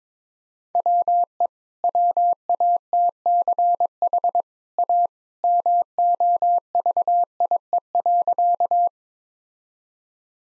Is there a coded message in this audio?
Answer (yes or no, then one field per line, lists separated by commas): yes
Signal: Morse code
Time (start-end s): 0.8-8.9 s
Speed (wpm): 22 wpm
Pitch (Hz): 700 Hz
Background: none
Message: WE WATCH A MOVIE.